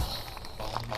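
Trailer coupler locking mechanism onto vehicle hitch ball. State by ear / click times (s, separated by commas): not seated / none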